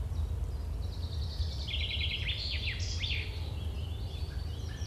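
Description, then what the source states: Birds twittering in a brief burst of rapid high chirps and trills near the middle, then sparse faint notes, with a constant low rumble underneath. Birds chirping on a field with a farm nearby.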